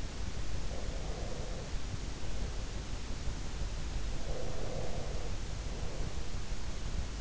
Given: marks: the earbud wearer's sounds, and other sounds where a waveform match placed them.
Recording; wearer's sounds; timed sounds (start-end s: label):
sounds in sleep by an in-ear microphone; breath
0.59-2.80 s: breath
4.20-6.31 s: breath